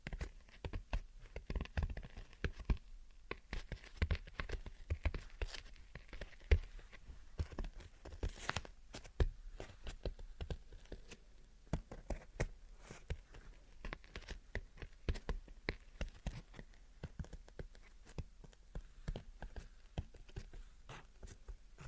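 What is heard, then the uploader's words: Gentle tapping and scratching, a dense run of soft, quick clicks and scrapes that continues without pause for the whole stretch. The sounds are mostly light and crisp, with a few louder taps standing out near the start and around seven and eight seconds. Gentle Tapping and Scratching. (No Talking).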